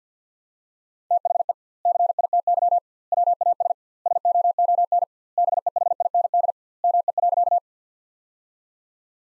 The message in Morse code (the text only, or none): THE CITY WAS SOON BEHIND ME.